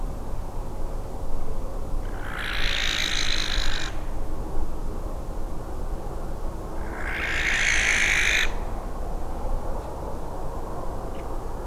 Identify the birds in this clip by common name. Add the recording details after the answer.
Western Barn Owl. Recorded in France